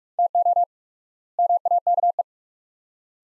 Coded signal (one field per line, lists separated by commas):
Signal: Morse code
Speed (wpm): 42 wpm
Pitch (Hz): 700 Hz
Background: none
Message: TO MAKE